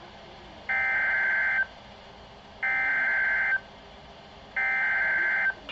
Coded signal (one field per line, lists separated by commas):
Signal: Emergency Alert System (SAME) tones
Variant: header bursts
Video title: TORNADO WARNING INCLUDED! | EAS Alerts from April 15, 2018 (EAS #238-243)